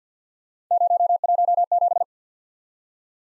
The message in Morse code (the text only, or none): 017